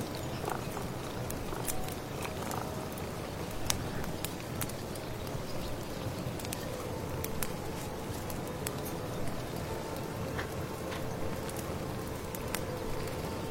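A steady bed of rustling rain runs through the whole stretch, dense and even in loudness. Sharp bright ticks and pops land irregularly every second or so, like crackling firewood or drops striking a surface, over a low murmur that never lets up.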